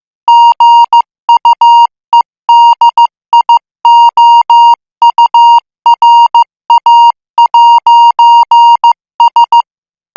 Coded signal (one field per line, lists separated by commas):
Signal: Morse code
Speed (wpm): 15 wpm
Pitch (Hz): 940 Hz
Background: music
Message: GUEDIOURA'S